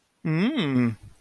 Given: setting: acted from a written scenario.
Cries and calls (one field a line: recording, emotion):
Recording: vocal sound without words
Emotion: amusement